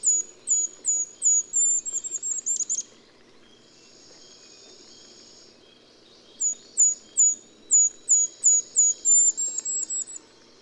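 Golden-crowned kinglet song: two bursts of very high, thin, evenly spaced notes, each series speeding into a brief tumbling jumble, with a quiet pause between them.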